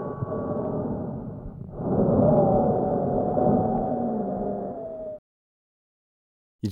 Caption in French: Auscultation trachéale qui permet d'entendre un sibilant polyphonique dont certaines fréquences dépassent 800 Hz, entendu pendant la presque totalité de l'inspiration et de l'expiration. Correspond à celle d'un asthmatique avec obstruction bronchique sévère.